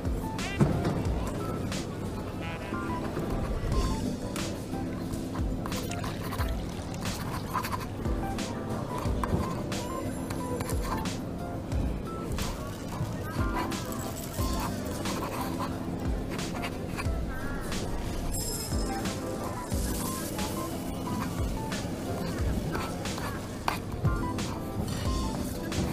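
Coffee shop ambience with a steady, dense wash of overlapping voices and a low rumble underneath. Frequent short clinks and clatters break through, with a brighter hiss or whistle near twenty seconds and a sharp knock near the start.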